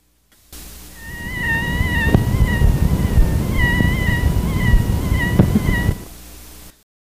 Pitch being higher in smaller fistulas than in larger fistulas. This squeak was recorded without a stethoscope directly over a fistula. A bronchial leak squeak.